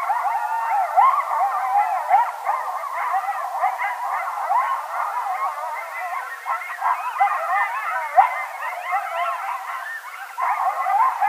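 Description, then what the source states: Coyotes in a frantic yipping chorus, many short high yelps and warbling howls tumbling over one another without pause. Several coyotes calling at night, recorded 20 November 2010.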